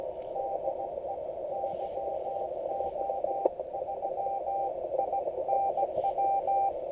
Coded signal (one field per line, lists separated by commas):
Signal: Morse code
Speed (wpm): 17 wpm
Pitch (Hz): 790 Hz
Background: radio noise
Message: DE YO3INW